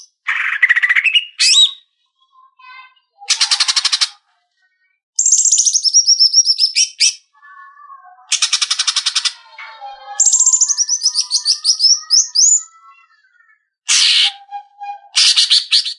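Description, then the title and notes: Greater green leafbird song: loud bursts of rapid buzzy trills alternating with clear whistled phrases and soft lower chatter, with short pauses between outbursts. "Cucak Ijo"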